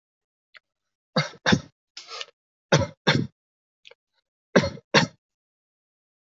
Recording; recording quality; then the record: shallow voluntary cough; excellent, no background noise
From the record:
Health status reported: healthy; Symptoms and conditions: none ticked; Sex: male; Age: 32 years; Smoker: not ticked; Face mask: not worn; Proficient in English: yes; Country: India